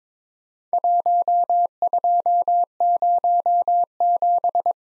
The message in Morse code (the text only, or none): 1207